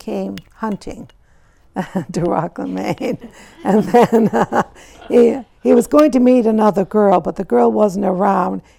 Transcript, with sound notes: He came hunting to Rockland, Maine. (she laughs) He was -- he was going to woo another girl but the girl wasn't around.